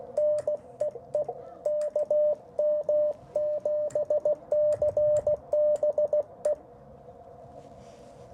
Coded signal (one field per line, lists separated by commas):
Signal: Morse code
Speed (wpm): 16 wpm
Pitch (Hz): 600 Hz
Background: radio noise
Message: NEE KM7CBE